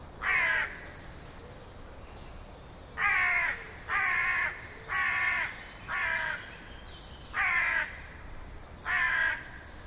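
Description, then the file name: Carrion crow uttering loud, grating caws, one alone and then a series of six spaced one to two seconds apart, over a low steady background hiss. "Corvus corone"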